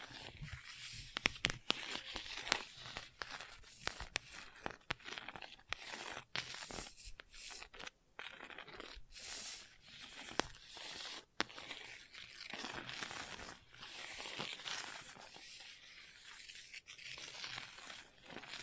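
Gentle scratching continues for the whole stretch, a dense, bright, hissy rasp that swells and eases in uneven strokes. Short gaps and sharp clicks break it up every second or so, with a few louder ticks near the middle and end.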